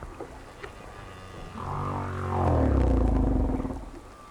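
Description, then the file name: Whale moan: a long, low, harmonic tone that swells and slowly descends over about two seconds before fading, with a soft rumbling background throughout. "tower whales"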